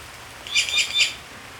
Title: Myiothlypis Nigrocristata